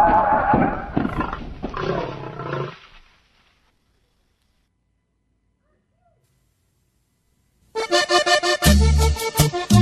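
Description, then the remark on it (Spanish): Loud, harsh calls of horses whinnying and mules braying in a stable come in two bursts, a rough stretch at the start and a strained, high-pitched cry at the end, with silence between. “anda en un establo, se fue a un establo a perseguir a los caballos y a las mulas”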